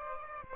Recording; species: mosquito wingbeat signal from an infrared sensor; Aedes aegypti